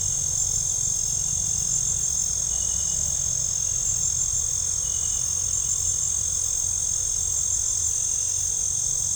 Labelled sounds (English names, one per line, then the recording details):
none
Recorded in pastures near Puerto Asís, Putumayo, Colombia, on 18 December 2024 at 18:30
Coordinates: 0.497, -76.327
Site G088